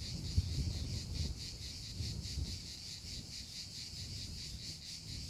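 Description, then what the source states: Cricket chirping, fast rhythmic high pulses continuing steadily, with a few low thumps and rumble near the start. Recorded in the mountains.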